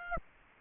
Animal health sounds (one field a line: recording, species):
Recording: mosquito wingbeat signal from an infrared sensor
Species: Aedes aegypti